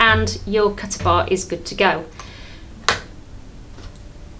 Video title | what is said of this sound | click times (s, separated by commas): Keencut LIVE! How well do you know the Keencut Simplex? | Wenn Sie auf den Kippkopf drücken, ist die Klinge eingerastet. | 2.9 s